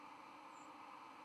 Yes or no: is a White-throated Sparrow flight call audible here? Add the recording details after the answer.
yes. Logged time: 06:49 on 5 November 2014